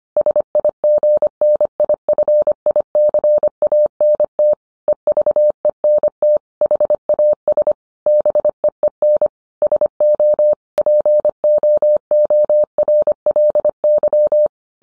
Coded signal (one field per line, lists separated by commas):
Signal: Morse code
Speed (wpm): 25 wpm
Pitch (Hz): 600 Hz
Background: none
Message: SIGNIFICANT EVENT HAS BEEN SO POORLY